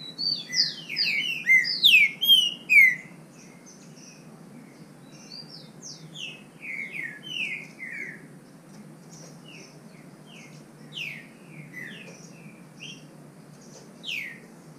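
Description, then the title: Green-winged saltator song: a loud burst of slurred whistled notes, then a long stretch of softer whistles in short phrases. Bird named Nicão in the bush (mato), competing in song with a free bird. "Trinca Ferro NICÃ O"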